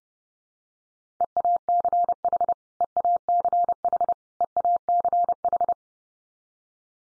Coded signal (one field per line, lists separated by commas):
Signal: Morse code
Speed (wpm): 30 wpm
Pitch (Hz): 700 Hz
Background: none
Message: EACH EACH EACH